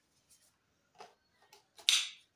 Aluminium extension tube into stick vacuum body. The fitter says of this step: evet tık diye oturuyor Evet